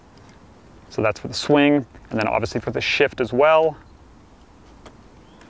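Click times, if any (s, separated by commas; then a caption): 4.9 s, 5.4 s. The front standard's fall and shift movement on a Stenopeika Michelangelo 4x5 large-format field camera is returned to center while someone talks. After the talking stops, short detent clicks sound at 4.9 s and 5.4 s as the movement snaps back into place at its zero position.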